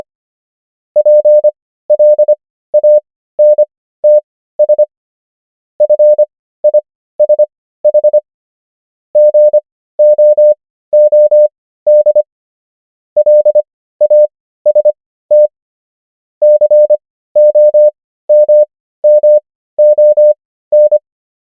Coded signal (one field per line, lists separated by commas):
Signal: Morse code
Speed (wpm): 25 wpm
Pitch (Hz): 600 Hz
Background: none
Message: PLANTS FISH GOOD LAST COMMON